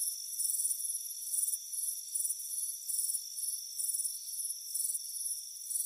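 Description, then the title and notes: Cricket chirping: short, high, pulsed bursts repeating a few times a second over a steady, thin, high whine; no other sounds. Crickets chirping on a warm afternoon by a front porch. "Soothing Crickets Chirping Sound. It's a warm afternoon as you relax in a hammock on the front porch. Relax and fall asleep to the soothing sound of chirping crickets. Deep Sleep Sounds"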